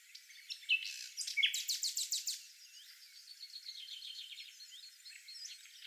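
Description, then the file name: Common nightingale song: a loud burst of rapidly repeated notes, followed by softer, varied notes. "Luscinia megarhynchos"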